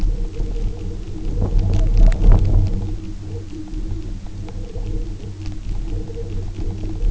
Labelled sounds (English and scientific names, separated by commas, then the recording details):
none
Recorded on Arctic tundra, site UTQI-0, on 27 June 2018
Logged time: 10:00